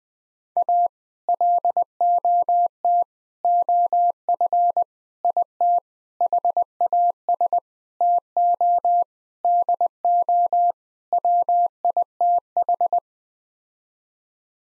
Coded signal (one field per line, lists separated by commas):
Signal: Morse code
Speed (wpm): 20 wpm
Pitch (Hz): 700 Hz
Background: none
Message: A LOT OF IT HAS TO DO WITH